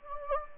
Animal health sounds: mosquito wingbeat signal from an infrared sensor; Anopheles gambiae

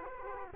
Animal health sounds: mosquito wingbeat signal from an infrared sensor; Culex quinquefasciatus

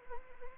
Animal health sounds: mosquito wingbeat signal from an infrared sensor; Anopheles arabiensis

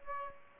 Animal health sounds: mosquito wingbeat signal from an infrared sensor; Aedes aegypti

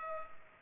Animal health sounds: mosquito wingbeat signal from an infrared sensor; Culex pipiens

